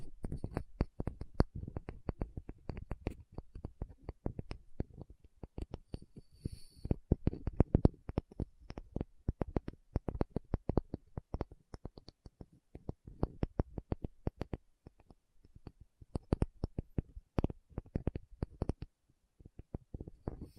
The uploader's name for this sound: Tapping Session (No Talking)